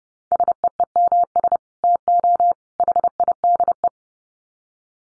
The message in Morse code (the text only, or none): SEEMS TO HIDE